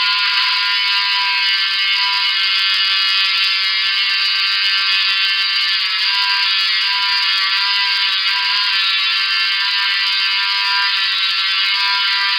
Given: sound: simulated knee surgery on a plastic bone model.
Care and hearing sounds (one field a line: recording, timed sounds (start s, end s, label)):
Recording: surgical tools on bone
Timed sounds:
0.00	12.38	sawing